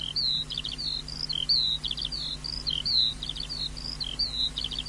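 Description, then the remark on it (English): High-pitched birdsong runs throughout, with short whistled notes and quick trilling bursts repeating in a lively, uneven rhythm over a faint, steady low hum. No one speaks. “Let's put some birdsong on it.”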